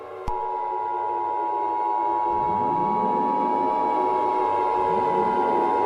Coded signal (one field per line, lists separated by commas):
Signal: Emergency Alert System (SAME) tones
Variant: 853 and 960 Hz attention tone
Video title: EAS Short Scenario 35 - Tornadic Nightmare Path